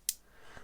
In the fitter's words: which index with a uh sprung-loaded ball bearing on the other side i'll just show you that and you can hear it click into place